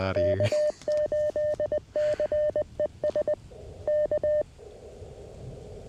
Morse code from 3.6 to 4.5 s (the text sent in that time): K